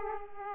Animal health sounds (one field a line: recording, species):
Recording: mosquito wingbeat signal from an infrared sensor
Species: Aedes aegypti